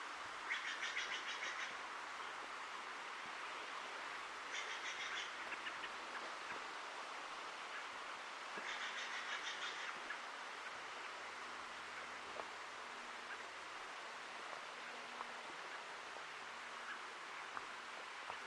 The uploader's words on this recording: Ancient Forest Preserve, a 40 acre non-contiguous annex to the 5200 acre Forest Park of Portland, Oregon, one of the largest urban parks in the US.